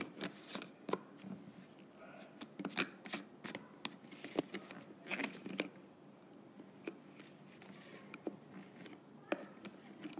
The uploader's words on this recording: ASMR Lid Unscrewing.